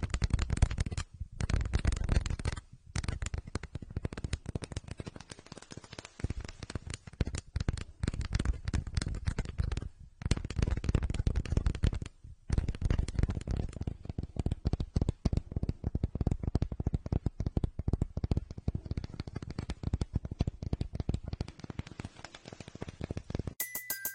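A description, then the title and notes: Dense scratching and rustling of ear picking, with rapid clicks and crackles packed tightly together. The texture stays busy throughout, with a few brief silent gaps near 1, 3, 10 and 12 seconds and a sudden cut-off at the very end. Goldfinger picks the ears, clasps the ears, goes deep into the brain.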